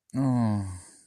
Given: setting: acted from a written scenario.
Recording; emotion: vocal sound without words; embarrassment